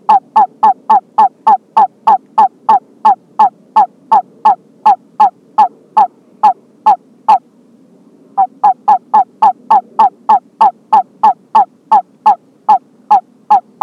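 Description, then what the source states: California toad calling with short, nasal, honking notes repeated about three times a second, a brief pause midway, then the steady series resumes. California toad, subspecies halophilus.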